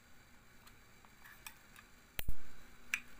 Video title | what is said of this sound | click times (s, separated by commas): Cara Mengatasi Mesin Cuci Lux WH 1090 Saat Mencuci Ngejut-Ngejut | sudah terkunci nanti kita akan pasang kabelnya | 2.2 s, 2.9 s